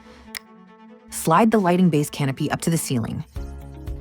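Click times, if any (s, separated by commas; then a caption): 0.4 s. A light fixture's SkyPlug quick-connect plug, retrofitted to a cord fixture, is pushed up into the ceiling Sky Outlet after its side push button is released. A single sharp click at 0.4 s shows it has locked in and seated. Someone then talks over soft background music.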